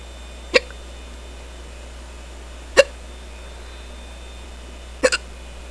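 An adult hiccuping: three sharp, brief hiccups about two seconds apart, the last one doubled.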